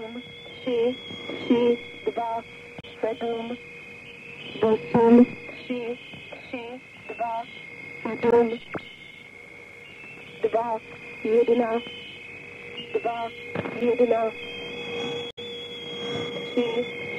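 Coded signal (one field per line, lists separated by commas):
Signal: numbers station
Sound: short spoken words at fairly even intervals over steady background whistling tones and radio hiss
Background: radio static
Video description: Soundtrack is a numbers station recording from the Conet Project.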